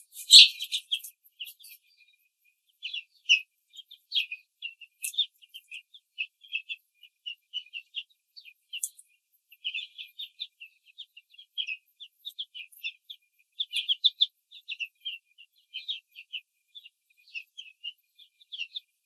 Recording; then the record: young laying hens in a cage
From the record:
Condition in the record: control cage, after the stress test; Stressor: none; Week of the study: 4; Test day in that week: 3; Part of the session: 3